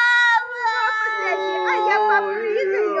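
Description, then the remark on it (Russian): A young girl cries and screams without pause, a loud, high-pitched wail that wavers and rises in pitch over about three seconds, with no talking. “Як її крику зараз з усім оглохну.”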